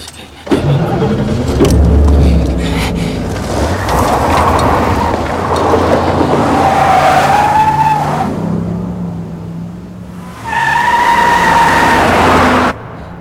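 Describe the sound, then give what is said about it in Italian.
A car engine starts with a low rumble and roars as it speeds away, broken by two shrill, sustained tire squeals, one mid-clip and another near the end before the sound cuts off. “Luis, metti in moto, cazzo, dai!”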